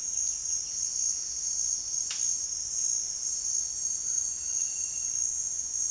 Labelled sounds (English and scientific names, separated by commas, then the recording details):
none
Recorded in secondary vegetation near Puerto Asís, Putumayo, Colombia, on 29 June 2025 at 16:00
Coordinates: 0.485, -76.322
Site GP06